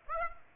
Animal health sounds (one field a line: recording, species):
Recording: mosquito wingbeat signal from an infrared sensor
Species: Aedes aegypti